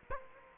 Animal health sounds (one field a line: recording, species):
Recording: mosquito wingbeat signal from an infrared sensor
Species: Culex quinquefasciatus